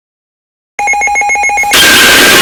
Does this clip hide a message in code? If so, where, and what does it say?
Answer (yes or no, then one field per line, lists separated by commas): no